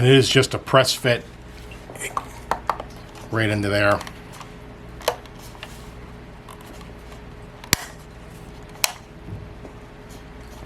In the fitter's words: it snaps right into place.